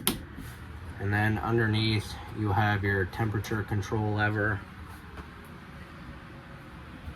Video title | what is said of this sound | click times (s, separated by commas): 2019 Falcon 21RB | just push it until it clicks | 0.1 s